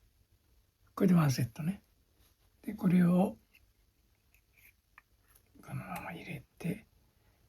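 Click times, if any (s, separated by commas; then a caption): none. A shock shaft seal set of washers, an O-ring and a collar, stacked as one set, is handled at the opening of an RC10 '91 Stealth RC car's shock absorber body while someone talks in a small room. A few faint taps sound between about 4.3 and 5.4 seconds. Nothing has seated or clicked yet.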